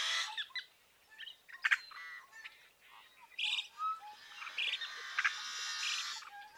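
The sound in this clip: Yellow-headed Blackbird song: scattered clucks and strained notes, with wheezy rasping buzzes in the second half and short squeaky whistles between them.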